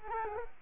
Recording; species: mosquito wingbeat signal from an infrared sensor; Culex quinquefasciatus